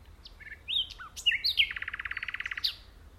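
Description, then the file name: Common nightingale song: a few whistled and sweeping notes leading into a rapid, even rattle of many repeated notes, ending on a sharp high note. "Luscinia megarhynchos"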